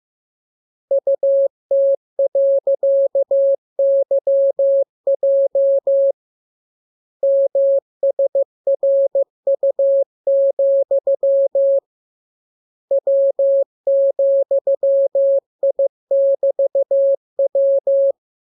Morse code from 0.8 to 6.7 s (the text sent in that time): UT.YJ